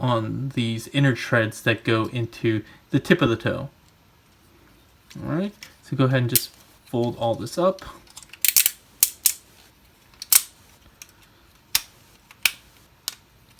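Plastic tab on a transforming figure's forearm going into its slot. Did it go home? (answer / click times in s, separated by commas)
yes / 9.0 s, 9.3 s, 12.5 s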